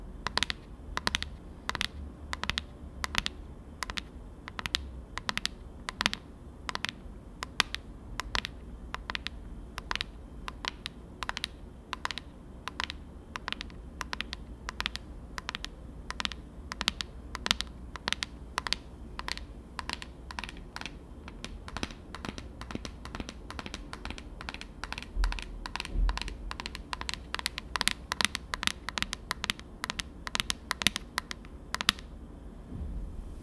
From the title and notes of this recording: ASMR TAPPING on Dark things 黒いものにタッピング.